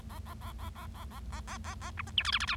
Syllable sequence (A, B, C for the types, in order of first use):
A A A A A A A A A A A B C D E F F G